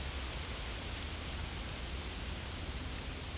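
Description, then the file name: Insect giving a single high-pitched buzzing trill of about two and a half seconds, starting and stopping cleanly, over low rumble. Insects in a field. "Insects In The Field"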